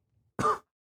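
A single short, dry cough burst of about a quarter second, with a throat-clearing quality, follows a faint low rumble. It is an isolated, ordinary cough from an adult with no repeated bouts, wheeze or strained breathing.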